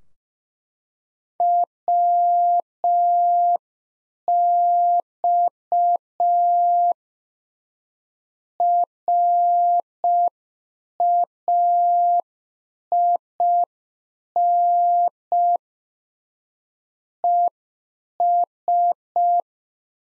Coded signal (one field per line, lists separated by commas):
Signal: Morse code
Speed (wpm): 5 wpm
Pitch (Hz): 700 Hz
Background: none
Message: WX RAIN ES